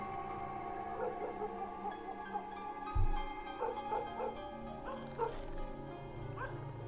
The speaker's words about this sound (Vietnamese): nó lại bắt đầu sủa.